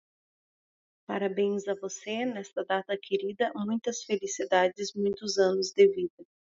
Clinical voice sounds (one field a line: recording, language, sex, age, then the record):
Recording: short text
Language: Brazilian Portuguese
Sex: female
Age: 40 to 49 years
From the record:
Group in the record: control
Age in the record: 41 years